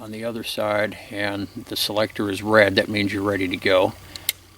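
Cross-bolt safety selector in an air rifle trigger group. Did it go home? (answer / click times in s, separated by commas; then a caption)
yes / 4.2 s, 4.3 s. Someone talks while pushing the cross-bolt safety selector in the trigger group of a Crosman 1322 .22 caliber pneumatic carbine air rifle across to the safe position. The selector clicks into place with sharp ticks at 4.2 s and 4.3 s, and the safety is on.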